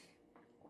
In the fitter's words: I don't know why, but it just doesn't have that popping sound that you usually get.